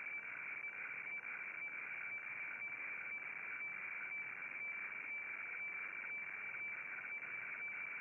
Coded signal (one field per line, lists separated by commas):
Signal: weather fax (radiofax)